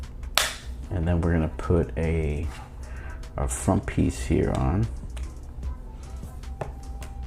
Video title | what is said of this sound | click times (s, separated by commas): Why Everyone Wants This Z Fold 7 Case! Torras 360 Magsafe Kickstand Case | So that snaps right in, and | 0.4 s